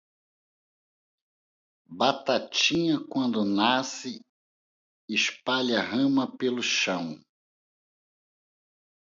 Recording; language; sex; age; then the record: short text; Brazilian Portuguese; male; 50 to 59 years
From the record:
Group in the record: control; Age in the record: 58 years